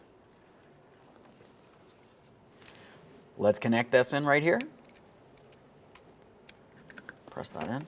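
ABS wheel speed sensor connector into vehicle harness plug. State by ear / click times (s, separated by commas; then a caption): not seated / none. A new front ABS wheel speed sensor's plastic electrical connector is being handled and lined up to be pressed into its mating harness plug on a 2002-2009 Chevrolet Trailblazer. Someone talks from about 3.4 to 4.7 s, with faint handling rustles around 2.6 s and small light ticks between 5.4 and 7.1 s over a quiet background. The connector has not seated or clicked yet.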